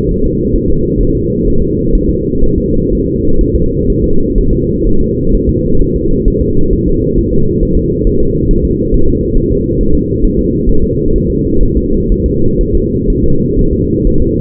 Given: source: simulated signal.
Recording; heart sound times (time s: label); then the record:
fetal heart sounds
0.12 s: S1
0.26 s: S2
0.56 s: S1
0.70 s: S2
1.01 s: S1
1.15 s: S2
1.47 s: S1
1.62 s: S2
1.95 s: S1
2.10 s: S2
2.44 s: S1
2.58 s: S2
2.93 s: S1
3.07 s: S2
3.41 s: S1
3.55 s: S2
3.90 s: S1
4.04 s: S2
4.38 s: S1
4.53 s: S2
4.87 s: S1
5.01 s: S2
5.35 s: S1
5.49 s: S2
5.82 s: S1
5.96 s: S2
6.28 s: S1
6.42 s: S2
6.73 s: S1
6.88 s: S2
7.18 s: S1
7.33 s: S2
7.63 s: S1
7.77 s: S2
8.07 s: S1
8.21 s: S2
8.51 s: S1
8.65 s: S2
8.94 s: S1
9.09 s: S2
9.38 s: S1
9.52 s: S2
9.81 s: S1
9.95 s: S2
10.25 s: S1
10.39 s: S2
10.69 s: S1
10.84 s: S2
11.16 s: S1
11.30 s: S2
11.63 s: S1
11.77 s: S2
12.12 s: S1
12.26 s: S2
12.61 s: S1
12.75 s: S2
13.10 s: S1
13.24 s: S2
13.59 s: S1
13.73 s: S2
14.07 s: S1
14.22 s: S2
From the record:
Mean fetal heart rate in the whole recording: 130 bpm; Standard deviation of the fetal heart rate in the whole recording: 4 bpm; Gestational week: 38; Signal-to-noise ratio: -17.7 dB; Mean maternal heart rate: 72 bpm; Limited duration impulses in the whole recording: present